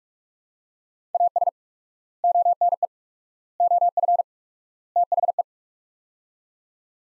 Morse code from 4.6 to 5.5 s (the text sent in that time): THE